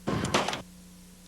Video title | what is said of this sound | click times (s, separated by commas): B 52 Stratofortress chapter 2 | listen for two clicks from the door latches | 0.2 s, 0.3 s